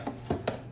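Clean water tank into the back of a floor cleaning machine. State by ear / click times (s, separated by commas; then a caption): seated / 0.5 s. A clean water tank is hooked in at the back of a floor cleaning machine and pushed in, giving a light knock at 0.1 s and a heavier thump at 0.3 s. It then snaps into place with a sharp click at 0.5 s, and the tank is seated.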